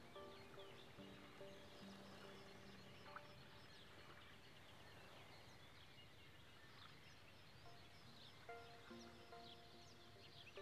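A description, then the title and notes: Outdoors beside a lake, a steady low wash of ambient noise fills the background. Sustained low and mid tones drift in at the start and again near the end, while small bright chirps, likely birds, flicker throughout. Beside a canadian lake.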